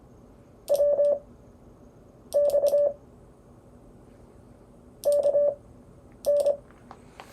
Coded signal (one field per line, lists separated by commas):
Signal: Morse code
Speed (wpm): 25 wpm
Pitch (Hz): 580 Hz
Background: none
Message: WX KN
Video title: Anatomy of a CW QSO